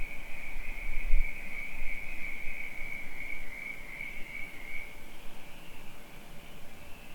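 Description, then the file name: Cricket trilling as a loud continuous high buzz that stops after about five seconds, with a soft thump early on and low background rumble. Crickets at night on a rural property. "Night Crickets Ambience on Rural Property"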